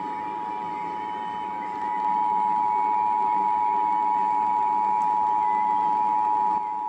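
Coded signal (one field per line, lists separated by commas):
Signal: Emergency Alert System (SAME) tones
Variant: 853 and 960 Hz attention tone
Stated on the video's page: Iowa Required Monthly Test originated from an AM station and relayed on all Iowa radio and TV stations.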